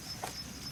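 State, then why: Not seated. A plastic trunk-release switch bezel is being handled and lined up by its notch with the door panel opening on a 2008 Chevrolet Malibu, before being pushed in. Only faint, steady handling noise is heard, with a brief soft rustle around 0.2 s. Nothing has seated or clicked yet.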